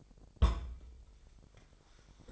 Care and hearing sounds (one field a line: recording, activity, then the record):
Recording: daily activity, microphone in the room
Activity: place on stove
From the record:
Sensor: 5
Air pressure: 999.5 hPa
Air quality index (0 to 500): 220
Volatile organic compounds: 20 ppm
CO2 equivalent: 2694 ppm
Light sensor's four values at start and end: 30/68/28/28 and 30/68/28/28